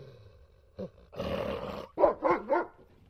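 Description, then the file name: Dog growling and barking: a short whine, then a rough growl of about 0.7 seconds, followed by three quick sharp barks in a row. "собака рычит и лает"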